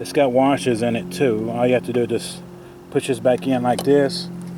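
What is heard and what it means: Someone talks while handling an automotive AC line with its spring cage and washers, getting ready to push it back into the female spring-lock coupling by hand. Nothing has seated or clicked yet; the clip ends before the line goes home.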